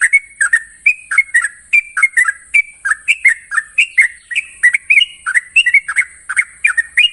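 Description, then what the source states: Yellow-vented Bulbul song, a quick run of short bubbly whistled notes rising and falling without pause, with a steady high electronic whine throughout. Long rapid trill song style (ropel panjang), master recording.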